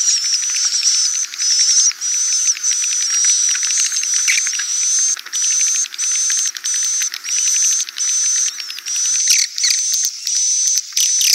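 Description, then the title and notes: Swiftlet calls in pulsing bursts under a second apart, a thin steady high tone repeating with twittering chirps, busier near the end. Sound used for swiftlet farming in Asia. "Swiflet Bird Sound. Farming Swiflet Bird asia sound"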